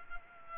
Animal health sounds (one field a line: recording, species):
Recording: mosquito wingbeat signal from an infrared sensor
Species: Culex pipiens